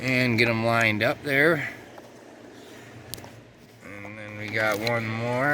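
A plastic push pin that came out of a vehicle's carpet is lined up with its original hole in the carpet/trim and pressed back through during installation of a CJD_AP11 security gateway bypass cable. Someone talks, then a sharp, short click at 3.1 s marks the pin seating home. The talking resumes as they move on to the next pin.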